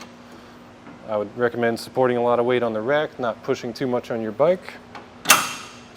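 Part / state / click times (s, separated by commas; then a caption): bike rack platform tilt latch on hitch mount / seated / 5.3 s. Someone talks as a tilted Benton Shifts&Grins hitch-mounted platform bike rack on a 2021 Honda CR-V, carrying a bike, is lifted back up into its upright position. Its metal tilt pin locks into place with a loud, sharp clunk at 5.3 s, and the rack's tilt lock is engaged.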